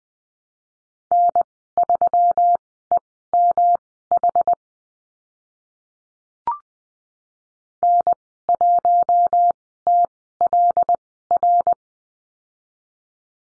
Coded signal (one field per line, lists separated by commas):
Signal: Morse code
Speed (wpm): 20 wpm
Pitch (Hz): 700 Hz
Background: none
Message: N3EMH N1TLR